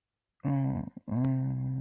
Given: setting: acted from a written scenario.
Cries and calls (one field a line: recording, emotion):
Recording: vocal sound without words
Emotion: sadness